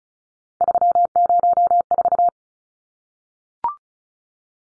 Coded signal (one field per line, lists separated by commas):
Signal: Morse code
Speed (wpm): 34 wpm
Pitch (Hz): 700 Hz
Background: none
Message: 304